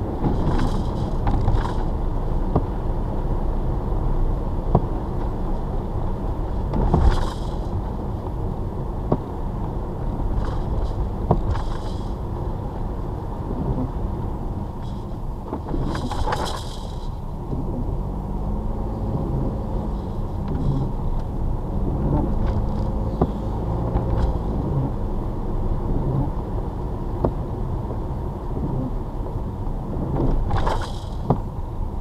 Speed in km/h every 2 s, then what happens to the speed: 29, 32, 34, 34, 31, 31, 31, 26, 18, 18, 19, 23, 27, 27, 26, 21.
0-11 steady at about 31. 11-16 slows to 18. 16-27 speeds up to 27. 27-32 slows to 21.